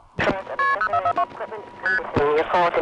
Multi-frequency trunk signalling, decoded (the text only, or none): KP0442 ST